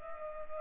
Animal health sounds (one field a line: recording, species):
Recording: mosquito wingbeat signal from an infrared sensor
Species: Culex pipiens